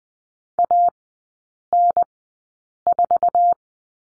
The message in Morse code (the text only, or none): AN4